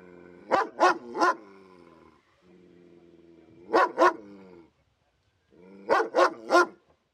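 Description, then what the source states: Dog giving rapid, sharp barks in clusters of two or three, separated by short pauses with a low steady harmonic drone underneath. Angry dog barking.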